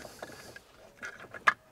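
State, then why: Seated. The main multi-pin wiring harness plug is connected to the back of an aftermarket CarPlay and Android Auto head unit in a 2003–2013 Audi A3, and its raised locking lever is closed. Soft handling rustles and small ticks come first, then one sharp click at 1.5 s as the plug clips home and is seated and locked.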